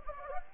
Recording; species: mosquito wingbeat signal from an infrared sensor; Anopheles gambiae